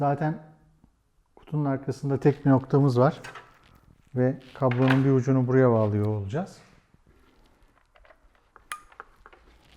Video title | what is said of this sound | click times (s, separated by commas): karavan ve tekneler için özel inverter Xantrex freedom xc 2000 | o tık sesini duymamız kesinlikle gerekiyor | 8.7 s